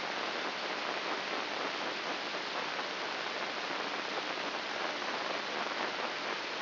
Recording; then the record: brain microelectrode recording played as sound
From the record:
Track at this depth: inside the subthalamic nucleus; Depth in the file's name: 6.543 mm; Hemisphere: left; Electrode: 2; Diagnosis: Parkinson's disease